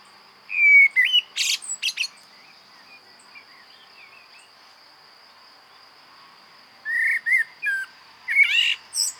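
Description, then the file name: Common blackbird song: a whistled phrase with a loud scratchy high flourish, quiet soft notes in between, then two more fluted phrases ending in squeaks. "Turdus merula"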